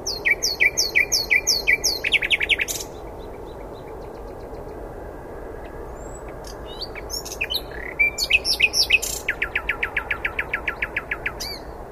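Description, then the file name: Common nightingale song: a rhythmic series of repeated two-part notes, a pause with scattered chips, then a long run of loud repeated pulses. "Luscinia megarhynchos"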